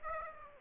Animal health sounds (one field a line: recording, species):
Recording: mosquito wingbeat signal from an infrared sensor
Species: Aedes aegypti